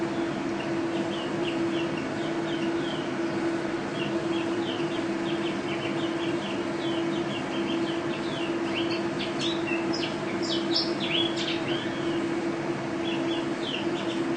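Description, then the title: White-eye song, quick high twittering notes, sparse at first then thickening into a busier chatter midway, set against a constant low drone. Contest bird billed as national first-place champion, singing gacor, teler and ropel styles, with canary song as filler (isian kenari); 2015. "Pleci Juara 1 Nasional pleci Gacor juara nasional teler gacor ropel pleci isian kenari 2015"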